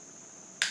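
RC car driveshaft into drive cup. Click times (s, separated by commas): 0.6 s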